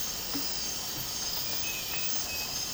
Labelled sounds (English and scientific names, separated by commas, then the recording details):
none
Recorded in dense forest near Puerto Asís, Putumayo, Colombia, on 12 March 2025 at 03:00
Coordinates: 0.467, -76.328
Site G041